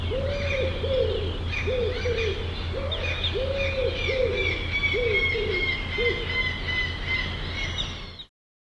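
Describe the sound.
Bird call: a series of low, rounded cooing hoots that stop before the end, above a constant droning hum and high twittering.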